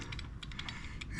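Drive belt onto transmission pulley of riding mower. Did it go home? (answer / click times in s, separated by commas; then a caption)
no / none. A drive belt is pushed and worked onto the transmission pulley of a Troy-Bilt riding mower with an automatic transmission, producing a steady low rumble with repeated short ratcheting, clicking mechanical bursts throughout. The belt has not seated yet by the end of the clip.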